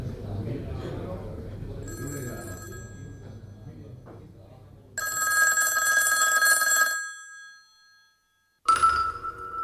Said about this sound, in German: Das Läuten des Telefons. Damit hat es angefangen. Renés Anruf an jenem blauen Aprilmorgen des Jahres 2155.